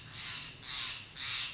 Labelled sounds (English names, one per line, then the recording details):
Steller's Jay
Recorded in Sonoma County, California